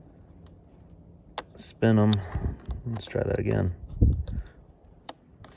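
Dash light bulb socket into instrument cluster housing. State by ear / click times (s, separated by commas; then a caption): seated / 5.1 s. A plastic twist-lock dash light bulb socket with tabs is inserted into the instrument cluster housing and turned until it sets. Someone talks over faint handling noises. The socket clicks into place at 5.1 seconds, seated with no further pushing needed.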